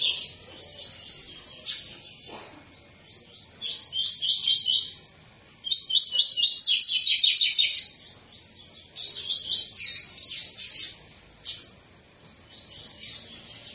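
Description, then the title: Double-collared seedeater song: several loud phrases of fast repeated chirping notes, each one to two seconds long, separated by short pauses and softer high notes. Tui-tui song type; recording intended for teaching young birds the song (fibra, professor). "COLEIRO TUI TUI FIBRA"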